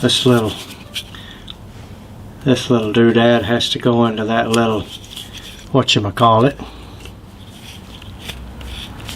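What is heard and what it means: Inside the door of a 2008 Honda Pilot, during a door lock replacement, a small plastic lock-linkage clip is handled near its mating holder on the door lock while someone talks. There are brief taps, rubbing and scraping sounds, but the clip has not snapped in or seated yet.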